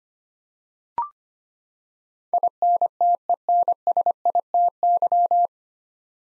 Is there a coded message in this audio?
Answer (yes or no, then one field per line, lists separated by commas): yes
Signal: Morse code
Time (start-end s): 2.3-5.5 s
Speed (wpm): 25 wpm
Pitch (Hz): 700 Hz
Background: none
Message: INTENSITY